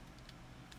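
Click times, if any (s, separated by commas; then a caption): none. The plastic tail piece of a Transformers Studio Series '86 Leader Class Slug transforming robot toy is being sandwiched between other parts and lined up blind into the toy's body. Two faint, brief plastic ticks sound at about 0.3 and 0.7 seconds over a steady low hum. The tail piece has not seated or clicked into place yet.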